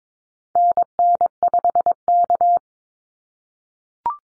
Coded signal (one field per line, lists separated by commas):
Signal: Morse code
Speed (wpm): 22 wpm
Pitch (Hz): 700 Hz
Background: none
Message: NN5K